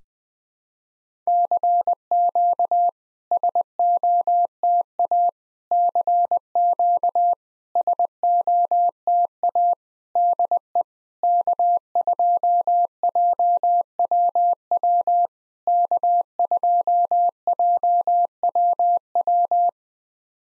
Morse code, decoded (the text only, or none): CQ SOTA CQ SOTA DE K2JWW K2JWW